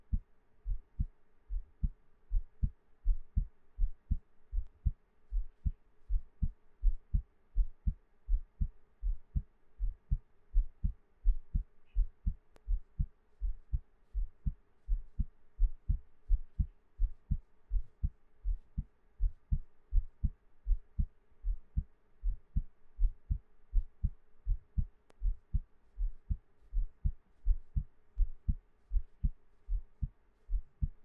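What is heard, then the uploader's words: A steady heartbeat thumps low at a regular, moderate pace, each beat a deep double pulse, with a faint hum beneath. 獻上我的心跳 | Give my Heartbeat | NO Talking.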